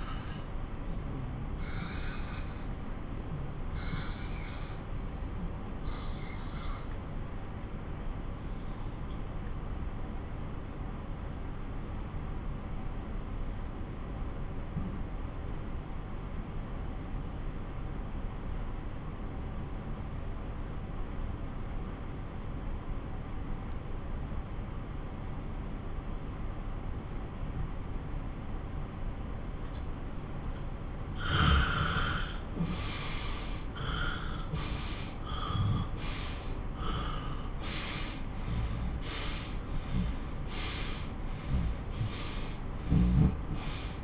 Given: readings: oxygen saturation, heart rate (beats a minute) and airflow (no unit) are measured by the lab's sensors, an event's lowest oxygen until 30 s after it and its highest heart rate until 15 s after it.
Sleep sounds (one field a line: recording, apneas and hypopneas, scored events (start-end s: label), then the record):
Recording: breathing in sleep by a smartphone at the bedside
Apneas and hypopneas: 1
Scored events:
4.00-32.70 s: obstructive apnea (N1, oxygen 94% highest, then 85% lowest)
11.00-41.00 s: new sleep stage, N2 (light sleep)
41.00-44.04 s: new sleep stage, N1 (lightest sleep)
From the record:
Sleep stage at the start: N1 (lightest sleep)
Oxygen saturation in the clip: 89 to 94%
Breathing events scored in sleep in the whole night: 217 in 6.3 hours asleep